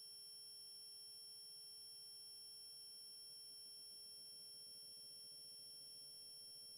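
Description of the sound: A device-generated simulation of a person's own tinnitus: a quiet, steady, unchanging ringing made of several high-pitched pure tones held throughout, with almost all the energy above 2 kHz.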